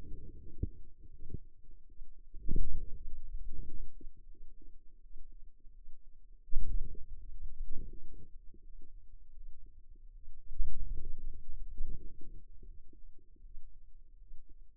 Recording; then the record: forearm muscle sounds (acoustic myography)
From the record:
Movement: hand closing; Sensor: system 2, bracelet of six BSWA MPA416 microphones around the upper forearm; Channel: 2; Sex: female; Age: 23 years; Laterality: right